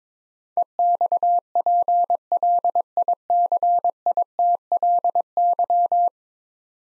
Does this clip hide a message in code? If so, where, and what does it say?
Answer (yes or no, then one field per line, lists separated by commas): yes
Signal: Morse code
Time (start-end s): 0.6-6.1 s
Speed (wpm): 23 wpm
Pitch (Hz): 700 Hz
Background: none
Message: EXPLICITLY